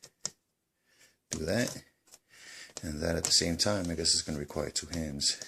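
The plastic security locking panel of an EnduraFlap dog door is handled at the door frame, with its spring-loaded release meant to be squeezed with two hands while the panel is pushed down to lock in. A couple of short sharp ticks occur near 0.0 and 0.3 s, then someone talks through the rest of the clip. Nothing has seated or clicked into place yet.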